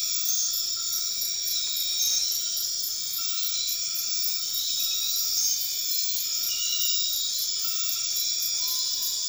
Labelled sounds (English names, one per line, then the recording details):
none
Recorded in dense forest near Puerto Asís, Putumayo, Colombia, on 12 March 2025 at 22:30
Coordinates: 0.500, -76.322
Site GP06